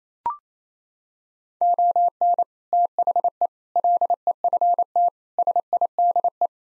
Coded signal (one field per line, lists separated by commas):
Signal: Morse code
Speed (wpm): 27 wpm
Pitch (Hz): 700 Hz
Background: none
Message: ON THE LEFT SIDE